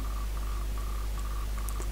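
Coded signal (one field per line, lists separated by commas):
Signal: Hellschreiber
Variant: Feld Hell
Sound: rapid on-off buzzing tone around 1.2 kHz in short chattering groups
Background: radio static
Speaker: on the indicated frequency a repeating chirping sound can be heard.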